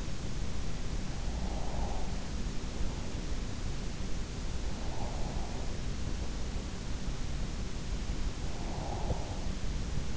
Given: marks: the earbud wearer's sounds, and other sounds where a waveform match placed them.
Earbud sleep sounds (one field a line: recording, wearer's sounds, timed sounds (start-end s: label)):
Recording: sounds in sleep by an in-ear microphone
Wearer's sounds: breath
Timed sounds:
0.52-3.55 s: breath
4.35-6.52 s: breath
7.37-10.17 s: breath